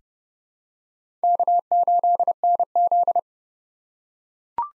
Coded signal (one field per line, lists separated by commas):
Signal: Morse code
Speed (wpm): 31 wpm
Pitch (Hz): 700 Hz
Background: none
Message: K8NZ